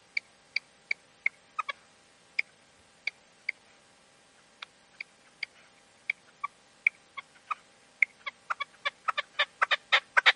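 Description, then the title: Partridge or tinamou: thin ticking notes repeated irregularly, then accelerating and strengthening into a quick series of harsh chattering calls at the close. "Canto de Perdiz. CANTO DE LA PERDIZ"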